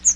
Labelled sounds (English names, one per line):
Chestnut-sided Warbler flight call